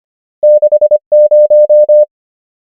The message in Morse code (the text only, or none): 6 0